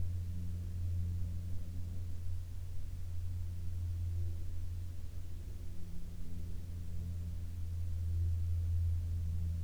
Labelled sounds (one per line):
aircraft